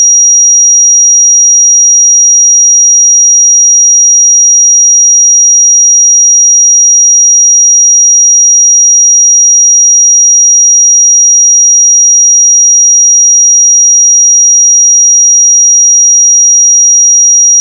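A pure sine tone at 5730 Hz holds perfectly steady for the whole clip, thin and piercingly bright. Nothing else sounds beneath it; the level never wavers, and the tone simply stops at the very end.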